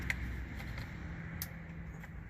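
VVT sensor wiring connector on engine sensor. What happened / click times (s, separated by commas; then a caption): The connector snapped into place / 0.1 s. The plastic electrical connector for the VVT sensor on a 2017 Hyundai Elantra 2.0 engine is plugged back onto the engine during an alternator and serpentine belt replacement, giving a sharp snap at 0.1 s. Softer ticks follow at about 0.8, 1.4 and 2.0 s over a steady low hum. The connector clicks home and is seated.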